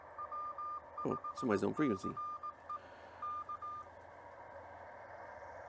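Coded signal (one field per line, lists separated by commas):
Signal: Morse code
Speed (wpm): 18 wpm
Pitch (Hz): 1200 Hz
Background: speech, radio noise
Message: W5CE K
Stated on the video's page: Morse from a Parks on the Air activation with a TR45L Skinny radio, MC-750 vertical whip with four radials, Bamatech TP III key and battery power.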